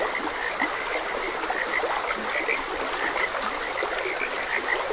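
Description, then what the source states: Frogs croaking in a dense chorus of short, repeated mid-pitched notes over a steady rush of flowing water. Frogs croaking beside a gentle stream.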